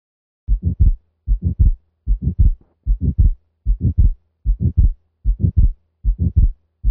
Murmur often heard in atrial septal defect is actually caused by relative pulmonic stenosis, and this is crescendo-decrescendo in contour usually medium-pitched in quality, and is typically relatively soft and of short duration. The murmur is usually most prominent in the pulmonic area and is heard best with the diaphragm of the stethoscope. Simulated ejection systolic murmur of atrial septal defect, which is followed by fixed splitting of S2.